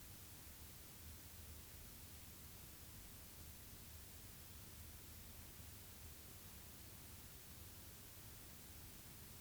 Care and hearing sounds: daily activity, guitar pickup as the sensor; stand

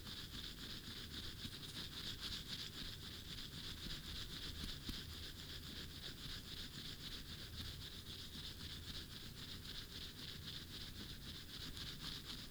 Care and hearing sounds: daily activity, guitar pickup as the sensor; brush teeth

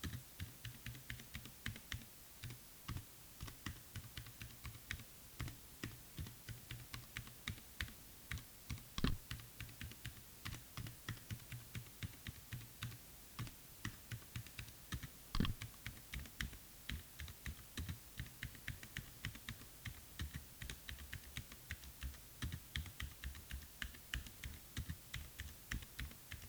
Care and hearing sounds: daily activity, guitar pickup as the sensor; type

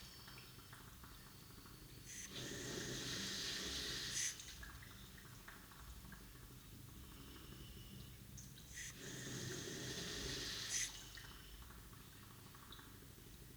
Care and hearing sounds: daily activity, guitar pickup as the sensor; flush

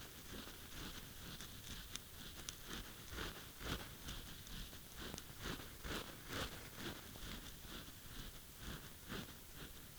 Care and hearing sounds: daily activity, guitar pickup as the sensor; brush teeth

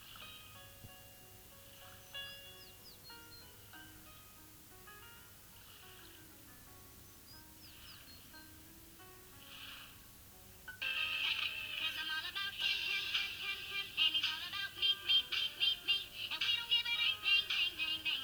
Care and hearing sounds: daily activity, guitar pickup as the sensor; browse video

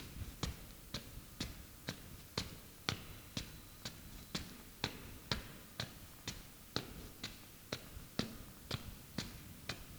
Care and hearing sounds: daily activity, guitar pickup as the sensor; walk

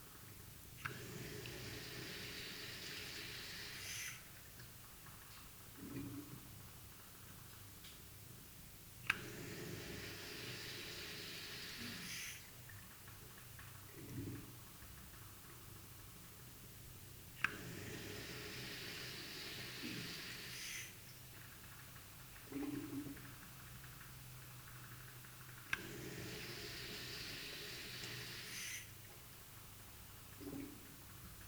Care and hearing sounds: daily activity, guitar pickup as the sensor; flush

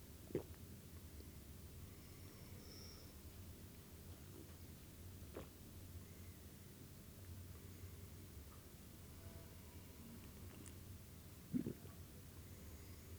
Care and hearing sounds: daily activity, guitar pickup as the sensor; drink water

